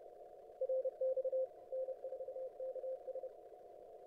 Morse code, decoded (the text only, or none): RX N4KS